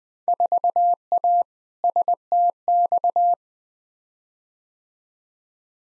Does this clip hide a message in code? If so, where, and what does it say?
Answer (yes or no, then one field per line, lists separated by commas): yes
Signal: Morse code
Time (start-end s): 0.3-3.3 s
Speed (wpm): 20 wpm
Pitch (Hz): 700 Hz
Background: none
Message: 4A STX